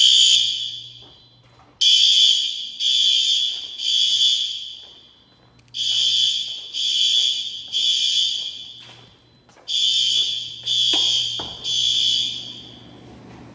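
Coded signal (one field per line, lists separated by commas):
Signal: alarm pattern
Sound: loud buzzing horn, three half-second blasts then a pause, repeated three times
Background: low hum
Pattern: temporal three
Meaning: Temporal three pattern signals fire evacuation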